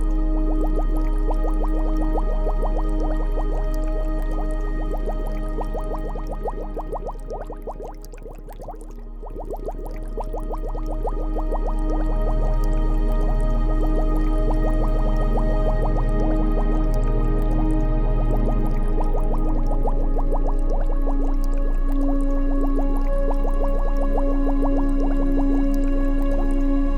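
Bubbly, trickling water crackles densely over a steady, soft musical drone, briefly thinning and quieting around eight seconds before swelling back.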